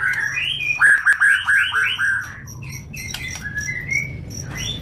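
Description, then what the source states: White-rumped shama song, a quick series of loud rising whistled notes, then softer scattered chirps over a low rumbling background. Training (masteran) song.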